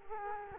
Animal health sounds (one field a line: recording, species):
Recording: mosquito wingbeat signal from an infrared sensor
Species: Culex quinquefasciatus